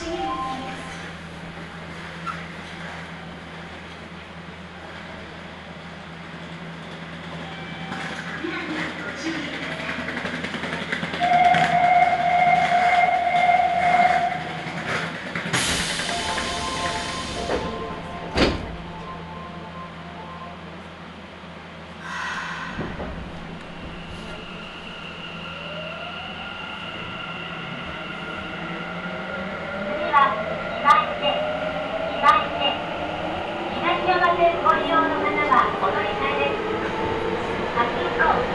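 A Nagoya subway train on the Sakura-dori Line rides from Taiko-dori toward Tokushige, with a steady low rumble and hum throughout. Around 11–14 seconds a short beeping chime sounds, a burst of hiss follows near 16 seconds, and rising and falling motor whines fill the last fifteen seconds under faint voices.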